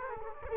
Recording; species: mosquito wingbeat signal from an infrared sensor; Culex quinquefasciatus